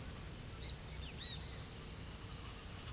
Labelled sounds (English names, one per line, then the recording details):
Great Kiskadee
Speckled Chachalaca
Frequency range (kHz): Great Kiskadee 1.2-4.9 kHz
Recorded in pastures near Puerto Asís, Putumayo, Colombia, on 20 February 2024 at 08:00
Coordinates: 0.486, -76.323
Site G6462